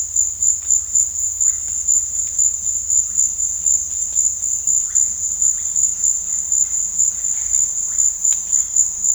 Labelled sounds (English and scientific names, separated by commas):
none